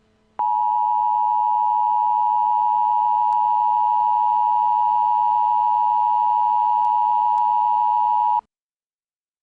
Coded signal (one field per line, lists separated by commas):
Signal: Emergency Alert System (SAME) tones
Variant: 853 and 960 Hz attention tone